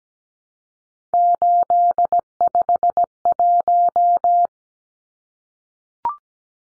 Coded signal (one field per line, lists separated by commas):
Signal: Morse code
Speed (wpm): 17 wpm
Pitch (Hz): 700 Hz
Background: none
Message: 851